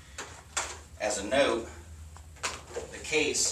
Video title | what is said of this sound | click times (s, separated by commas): Sensor Vacuum Training | to replace the bag just push in and it will lock into place | 0.2 s, 0.6 s